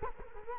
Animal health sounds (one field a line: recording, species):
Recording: mosquito wingbeat signal from an infrared sensor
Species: Culex quinquefasciatus